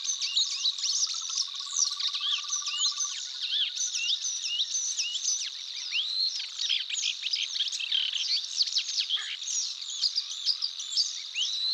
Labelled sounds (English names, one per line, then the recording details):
Savi's Warbler song
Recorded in the wild
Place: Tengiz, KZ
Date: 2000-05-14
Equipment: MiniDisc Sharp MT 20 H
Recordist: Schwarz, Dieter
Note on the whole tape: Song